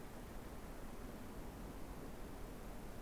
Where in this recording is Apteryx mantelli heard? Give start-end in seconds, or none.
none